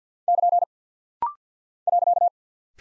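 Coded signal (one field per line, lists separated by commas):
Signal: Morse code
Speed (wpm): 51 wpm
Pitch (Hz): 700 Hz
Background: none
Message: <KN> .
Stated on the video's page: Rapid-fire Morse drill of punctuation and prosign characters at 50 wpm, each sent twice, for instant character recognition.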